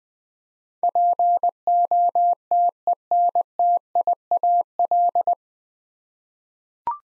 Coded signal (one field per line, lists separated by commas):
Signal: Morse code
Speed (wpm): 20 wpm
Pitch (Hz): 700 Hz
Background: none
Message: POTENTIAL